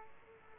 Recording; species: mosquito wingbeat signal from an infrared sensor; Aedes aegypti